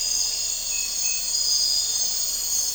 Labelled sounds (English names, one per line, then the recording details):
none
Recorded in dense forest near Puerto Asís, Putumayo, Colombia, on 4 March 2025 at 04:00
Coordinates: 0.467, -76.328
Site G041